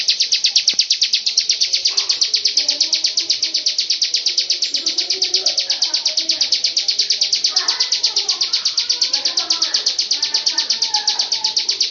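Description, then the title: Lovebird pours out an unbroken, steady, rapid chatter of sharp high notes over faint mixed chirping of other birds. Long ngekek song (ngekek panjang) style. "Audio Lovebird Ngekek Panjang Ciblek"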